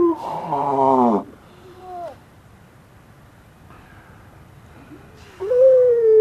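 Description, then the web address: Grey seal calls: a harsh, quavering harmonic bawl, a brief falling note, a long quiet stretch, then a sustained wailing call that rises and holds steady. "gray seal"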